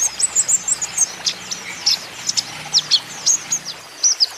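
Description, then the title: Van Hasselt's sunbird song: a brisk sequence of high, thin chirps, each short and sharp. Green-phase ('ijoan') kolibri ninja (konin) singing persistently ('gacor'); used as a lure and therapy to make caged konin answer. "KOLIBRI NINJA KONIN IJOAN GACOR COCOK UNTUK PANCINGAN TERAPI KONIN BAHAN PASTI NYAUT"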